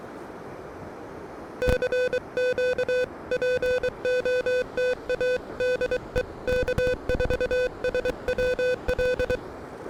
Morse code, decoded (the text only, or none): CQ POTA DE K4SWL